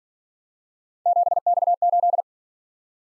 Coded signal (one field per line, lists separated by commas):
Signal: Morse code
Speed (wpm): 46 wpm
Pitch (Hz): 700 Hz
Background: none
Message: 7X8